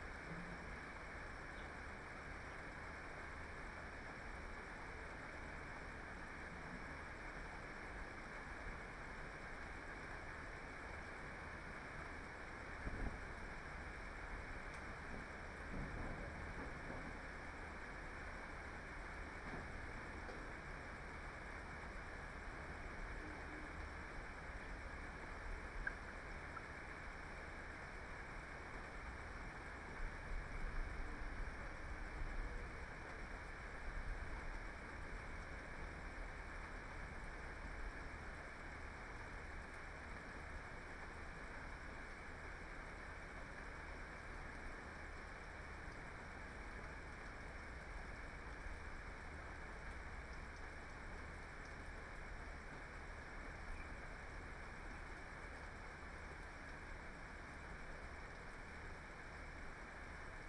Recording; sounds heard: poultry house recording; healthy chickens